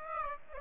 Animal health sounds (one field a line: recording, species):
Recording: mosquito wingbeat signal from an infrared sensor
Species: Aedes aegypti